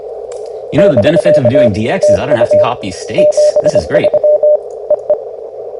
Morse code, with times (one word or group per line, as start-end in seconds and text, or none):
0.8-1.7 <BK>
2.0-2.6 TU
3.2-4.6 73
4.9-5.1 EE